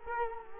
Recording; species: mosquito wingbeat signal from an infrared sensor; Culex quinquefasciatus